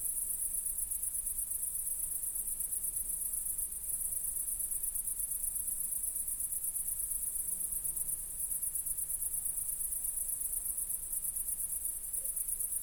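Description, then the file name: Crickets, a steady shrill trill that never stops, with a soft low hum and faint low tones underneath. "Grillons"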